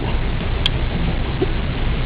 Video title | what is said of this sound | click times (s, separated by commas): Cheap Knife Review | fairly easy deployment nice click um you know | 0.7 s